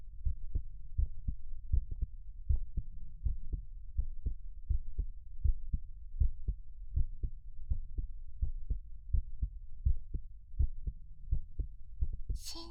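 Soft, steady low thumps at about 80 a minute: an ordinary adult heartbeat, heard close up.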